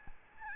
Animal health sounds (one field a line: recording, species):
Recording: mosquito wingbeat signal from an infrared sensor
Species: Aedes albopictus